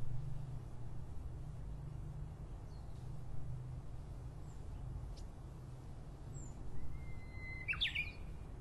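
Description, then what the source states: Japanese bush warbler song near the end: one long level whistle, then an abrupt jumbled flourish of sharp notes, after several seconds of low rumbling noise and faint bird chirps. Recorded in 2012.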